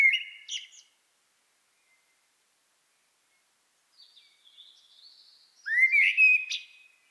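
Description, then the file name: Common blackbird song: a short whistled note, then quiet high twittering, followed by a loud rising fluty phrase. "Turdus merula"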